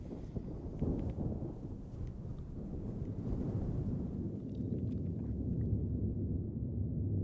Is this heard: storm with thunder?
yes